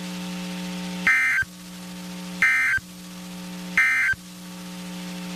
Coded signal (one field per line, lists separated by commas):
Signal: Emergency Alert System (SAME) tones